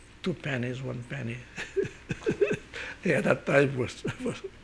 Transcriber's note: he laughs